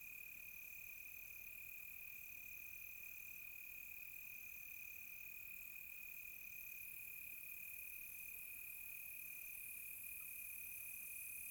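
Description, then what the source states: Constant shrill cricket trill with softer, higher insect tones pulsing intermittently and a gentle hiss swelling near the end. Close crickets on a quiet tropical night.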